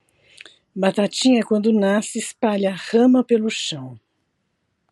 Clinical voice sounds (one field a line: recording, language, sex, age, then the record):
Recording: short text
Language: Brazilian Portuguese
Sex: female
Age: 60 to 69 years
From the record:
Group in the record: control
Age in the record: 67 years